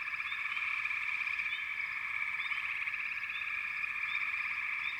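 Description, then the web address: Frogs in full chorus: a sustained high trill with occasional brief upward chirps standing out. "Nature Sounds Sounds of Nature Collection 28 Frog Chourus"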